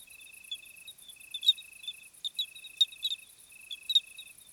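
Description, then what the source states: Crickets in chorus: a steady high trilling band broken into phrases of about a second, with sharp ticking clicks scattered over the top. Summer crickets on a hot night, 26 July 2020, 21:15, Plateau de Lesches-en-Diois; recorded with Nagra Seven and B&K omni microphone.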